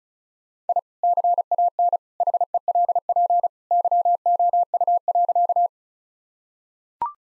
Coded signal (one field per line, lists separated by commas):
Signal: Morse code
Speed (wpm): 34 wpm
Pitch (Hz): 700 Hz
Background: none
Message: I CAN HELP YOU.